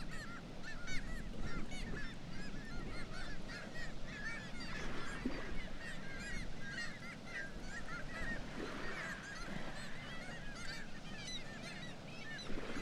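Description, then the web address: Black-legged kittiwakes in a noisy crowd, many overlapping nasal calls continuing throughout, backed by a deep constant roar. "sound Black-legged-kittiwake. صدای-پرنده-کاکایی-پاسیاه"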